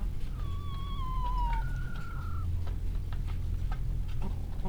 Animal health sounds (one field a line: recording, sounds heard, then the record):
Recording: poultry house recording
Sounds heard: sick chickens (respiratory disease)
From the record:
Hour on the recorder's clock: 15